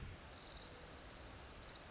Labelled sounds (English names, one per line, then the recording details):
Orange-crowned Warbler
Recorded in Sonoma County, California